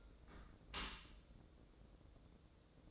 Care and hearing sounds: daily activity, microphone in the room; close dishwasher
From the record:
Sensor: 3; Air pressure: 1012.3 hPa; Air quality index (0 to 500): 147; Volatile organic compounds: 2 ppm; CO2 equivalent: 1130 ppm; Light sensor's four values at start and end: 524/1288/531/525 and 532/1306/538/533

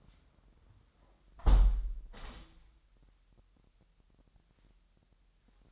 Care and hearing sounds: daily activity, microphone in the room; close window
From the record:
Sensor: 3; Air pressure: 998.1 hPa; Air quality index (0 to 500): 148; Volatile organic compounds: 5 ppm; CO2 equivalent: 1762 ppm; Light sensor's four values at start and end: 13/39/15/14 and 13/39/15/14

